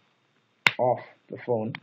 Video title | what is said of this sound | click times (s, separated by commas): Xiaomi mi 2 Unboxing English | yeah so there we go it just clicks in place nice nicely | 0.7 s